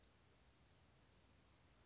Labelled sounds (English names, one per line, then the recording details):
Western Flycatcher
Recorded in Sonoma County, California